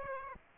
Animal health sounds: mosquito wingbeat signal from an infrared sensor; Aedes aegypti

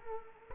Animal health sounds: mosquito wingbeat signal from an infrared sensor; Culex quinquefasciatus

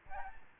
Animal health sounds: mosquito wingbeat signal from an infrared sensor; Aedes albopictus

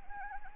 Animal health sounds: mosquito wingbeat signal from an infrared sensor; Anopheles arabiensis

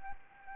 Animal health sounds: mosquito wingbeat signal from an infrared sensor; Anopheles arabiensis

